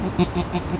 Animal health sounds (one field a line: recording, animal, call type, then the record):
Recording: contact call of a hoofed animal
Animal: goat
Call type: low-frequency (closed-mouth) or high-frequency (open-mouth) call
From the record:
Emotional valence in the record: negative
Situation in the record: short social isolation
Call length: 0.80 s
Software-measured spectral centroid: 1940 Hz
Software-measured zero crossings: 1290 a second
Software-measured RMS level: -23 dBFS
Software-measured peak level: -6 dBFS